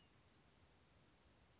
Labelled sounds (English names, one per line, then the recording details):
White-breasted Nuthatch
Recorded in Sonoma County, California